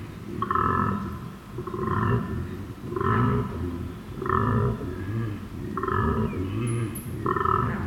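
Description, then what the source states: Koala bellow, deep rasping snore-like grunts alternating with belching drones, pulsing in a steady rhythm of about one phrase every 1.3 seconds. Recorded at night at Emu Creek, Benarkin, on 11 September 2018.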